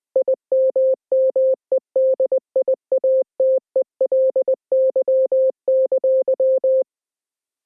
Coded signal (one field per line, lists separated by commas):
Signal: Morse code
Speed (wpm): 20 wpm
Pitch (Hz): 520 Hz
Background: none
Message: IMMEDIATELY!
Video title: EAS Scenario 2: K-1V0